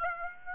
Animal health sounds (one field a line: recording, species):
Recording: mosquito wingbeat signal from an infrared sensor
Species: Aedes aegypti